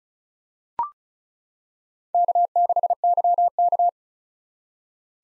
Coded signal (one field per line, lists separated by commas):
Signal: Morse code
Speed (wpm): 34 wpm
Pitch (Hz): 700 Hz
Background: none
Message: K6YK